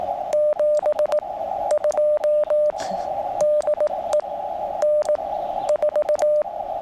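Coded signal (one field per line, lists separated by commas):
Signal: Morse code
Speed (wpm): 16 wpm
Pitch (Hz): 600 Hz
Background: radio noise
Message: 72 DE N4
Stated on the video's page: QRP CW POTA activation from Great Smoky Mountains National Park using a QCX mini.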